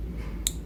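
An introducer needle is pulled back as the IV catheter is pushed off it in one motion during venipuncture. A single sharp, bright click at 0.5 s marks the plastic safety mechanism locking into the IV catheter safety shield over a low, steady background hum. The needle is secured and protected, ready to come out.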